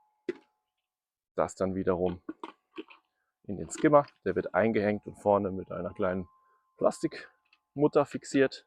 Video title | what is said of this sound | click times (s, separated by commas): Intex Pool-Skimmer: Kann der was oder rausgeschmissenes Geld? | einfach in die Halterung eingesteckt mit einem Klick. | 0.3 s